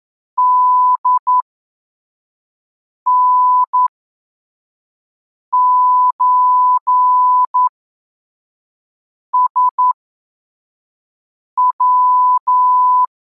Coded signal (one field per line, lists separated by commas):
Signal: Morse code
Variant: Russian alphabet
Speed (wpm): 11 wpm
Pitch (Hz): 1000 Hz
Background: none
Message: ДНЧСВ